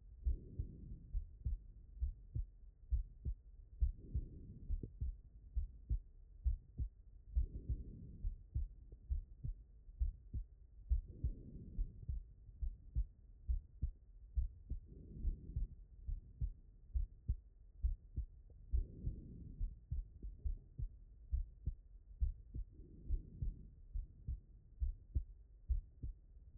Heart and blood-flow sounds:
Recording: heart sounds by stethoscope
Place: pulmonary valve (PV)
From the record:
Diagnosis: non-HFrEF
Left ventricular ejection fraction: 69%

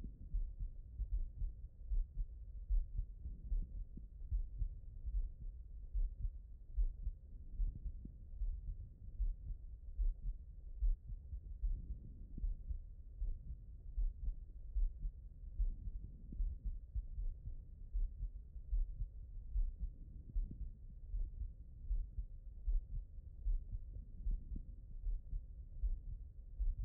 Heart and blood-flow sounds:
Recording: heart sounds by stethoscope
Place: pulmonary valve (PV)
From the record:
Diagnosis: non-HFrEF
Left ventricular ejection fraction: 73%

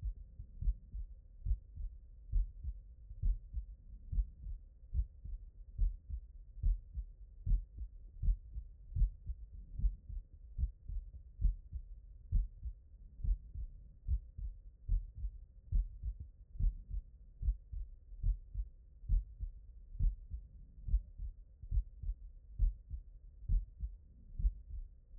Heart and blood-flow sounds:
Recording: heart sounds by stethoscope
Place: mitral valve (MV)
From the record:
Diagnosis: non-HFrEF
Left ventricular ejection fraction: 66%

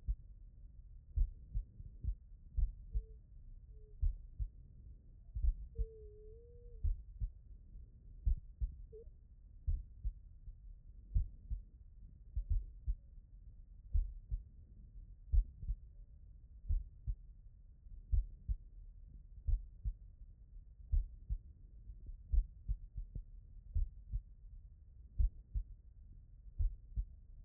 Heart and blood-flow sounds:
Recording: heart sounds by stethoscope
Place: tricuspid valve (TV)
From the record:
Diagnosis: non-HFrEF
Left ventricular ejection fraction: 55%

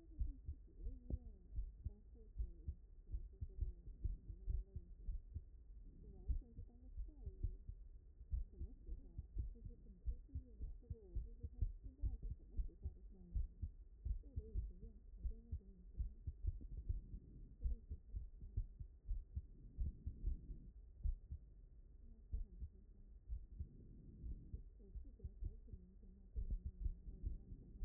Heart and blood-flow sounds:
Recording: heart sounds by stethoscope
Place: mitral valve (MV)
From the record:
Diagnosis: non-HFrEF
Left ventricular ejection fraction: 44%

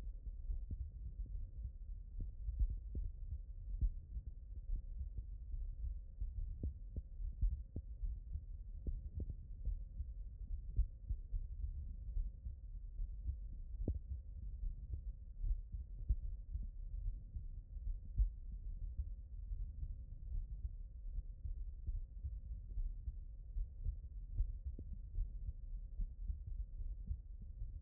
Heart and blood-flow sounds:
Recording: heart sounds by stethoscope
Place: aortic valve (AV)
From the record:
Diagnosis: non-HFrEF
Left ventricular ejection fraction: 57%

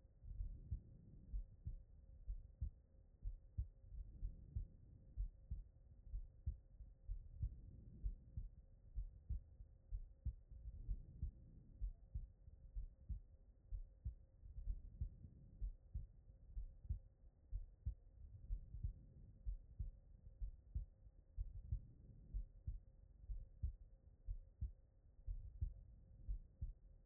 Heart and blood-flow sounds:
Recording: heart sounds by stethoscope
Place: pulmonary valve (PV)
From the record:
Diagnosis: non-HFrEF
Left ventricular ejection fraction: 62%

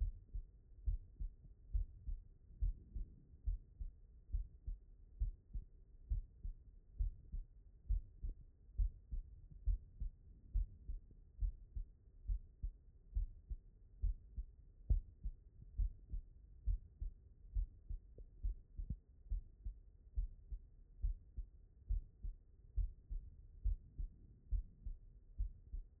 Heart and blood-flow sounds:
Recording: heart sounds by stethoscope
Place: pulmonary valve (PV)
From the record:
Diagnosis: non-HFrEF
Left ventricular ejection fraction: 66%

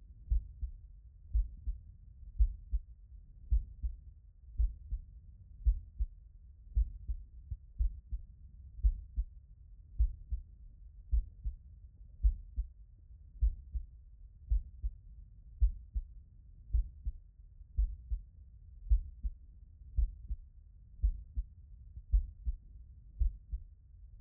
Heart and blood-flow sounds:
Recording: heart sounds by stethoscope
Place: tricuspid valve (TV)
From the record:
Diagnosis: non-HFrEF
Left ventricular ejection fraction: 48%

